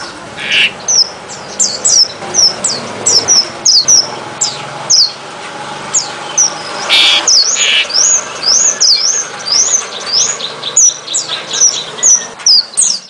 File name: suara strawberryfinch omkicau